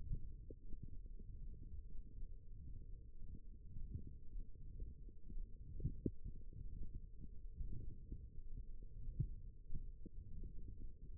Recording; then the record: forearm muscle sounds (acoustic myography)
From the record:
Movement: hook grip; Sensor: system 1, eight BSWA MPA416 microphones around the upper forearm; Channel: 2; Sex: female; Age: 21 years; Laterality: right